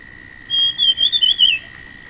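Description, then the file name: Dusky fulvetta with a single clear whistled phrase, a held note breaking into several wavering notes over about one second, set against a steady high tone. "fulvetta-dusky -Alcippe-brunnea"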